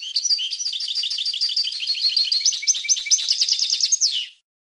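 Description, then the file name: European goldfinch song, a long continuous twittering phrase of rapid, high liquid notes that speeds into quick trills near the end. "audio burung goldfinch"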